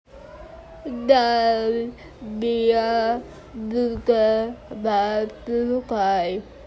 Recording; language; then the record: elicited speech; Bengali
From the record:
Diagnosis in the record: Broca's or global aphasia after a stroke